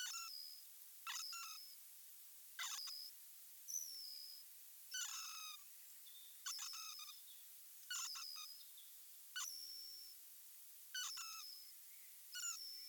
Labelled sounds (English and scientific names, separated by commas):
Hazel Dormouse (Muscardinus avellanarius) call